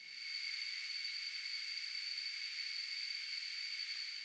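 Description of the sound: A steady, high-pitched hiss with two thin whistling tones rings on unchanged for about four seconds, with nothing in the low range. This is a simulated tinnitus sound of the cricket-like kind, one of the ways people describe the phantom ringing they hear.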